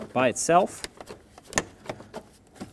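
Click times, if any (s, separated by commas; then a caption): none. Someone briefly talks while a new rubber front doorframe weatherstrip seal on a 1995-2004 Toyota Tacoma is slid parallel onto the door frame clips and tapped by hand. Sharp taps follow at about 1.6 s and 1.9 s, with quieter handling knocks after them. Nothing has seated or locked into place yet.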